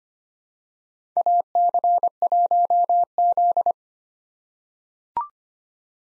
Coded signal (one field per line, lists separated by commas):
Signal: Morse code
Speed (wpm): 25 wpm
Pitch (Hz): 700 Hz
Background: none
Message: AC1Z